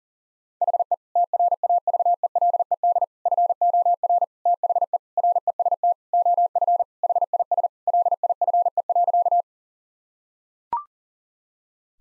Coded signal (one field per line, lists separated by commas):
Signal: Morse code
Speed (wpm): 37 wpm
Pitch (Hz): 700 Hz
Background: none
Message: HE TRAVELED FOR THE REST OF HIS LIFE.